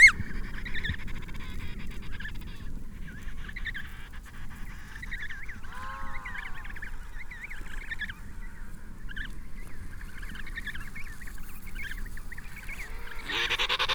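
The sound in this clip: Penguins calling in a colony, many overlapping nasal, wavering calls, with one clearer drawn-out harmonic call near the middle and a low rumble beneath.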